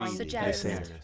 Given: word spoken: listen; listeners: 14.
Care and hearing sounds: one English word in noise, from a listening test; four-talker babble; -2.7 dB; 0 of 14; 7 of 14; 0.64 s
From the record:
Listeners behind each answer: 7, 1, 1, 1, 1, 1, 1, 1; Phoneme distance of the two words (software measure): 44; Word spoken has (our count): 2 syllables, 4 phonemes, stress on syllable 1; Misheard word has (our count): 2 syllables, 6 phonemes, stress on syllable 2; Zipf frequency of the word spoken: 5.25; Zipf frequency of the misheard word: 4.63

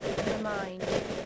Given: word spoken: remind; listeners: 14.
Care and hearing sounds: one English word in noise, from a listening test; noise modulated by three-talker babble; -4.3 dB; 2 of 14; 9 of 14; 0.86 s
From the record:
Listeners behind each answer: 9, 2, 2, 1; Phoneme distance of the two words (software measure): 14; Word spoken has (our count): 2 syllables, 6 phonemes, stress on syllable 2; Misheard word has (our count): 1 syllable, 4 phonemes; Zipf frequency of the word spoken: 4.56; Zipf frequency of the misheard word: 5.47

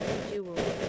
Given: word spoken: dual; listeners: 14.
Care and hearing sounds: one English word in noise, from a listening test; noise modulated by three-talker babble; -4.0 dB; 5 of 14; 6 of 14; 0.49 s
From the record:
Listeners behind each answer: 6, 5, 2, 1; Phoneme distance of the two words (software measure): 17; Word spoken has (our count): 2 syllables, 5 phonemes, stress on syllable 1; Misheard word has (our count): 2 syllables, 4 phonemes, stress on syllable 1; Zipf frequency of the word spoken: 3.62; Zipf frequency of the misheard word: 3.76

